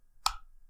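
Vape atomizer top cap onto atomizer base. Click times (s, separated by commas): 0.3 s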